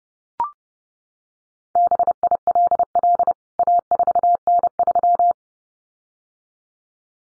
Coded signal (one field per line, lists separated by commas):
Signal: Morse code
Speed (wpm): 30 wpm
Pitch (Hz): 700 Hz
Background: none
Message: BILL A4N3